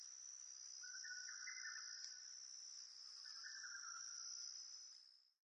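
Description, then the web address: Lesser cuckoo, two faint, hurried multi-note phrases partly buried under loud, steady insect buzzing and background hiss. Recorded 11 June 2005. "2005 050611 hototogisu"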